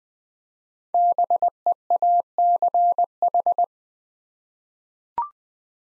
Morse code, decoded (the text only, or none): BEACH